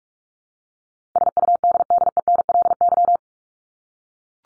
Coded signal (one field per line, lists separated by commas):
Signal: Morse code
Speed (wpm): 44 wpm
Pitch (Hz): 700 Hz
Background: none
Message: SUDDENLY